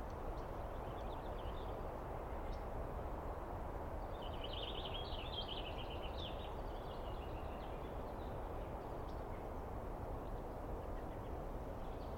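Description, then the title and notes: Douglas squirrel chattering in a rapid, buzzy burst of about three seconds in the middle, with quiet low rumbling throughout. Squirrel screaming at length at dawn on 21 April 2017 in the East Cascades, recorded on microphones and recorder; identified by sound, not seen well. "On the morning of 21 April, 2017, I set up my microphones and recorder for a nice dawn recording in the East Cascades. I was started awake by a screaming Douglas Pine Squirrel."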